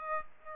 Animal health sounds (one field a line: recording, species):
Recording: mosquito wingbeat signal from an infrared sensor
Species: Aedes aegypti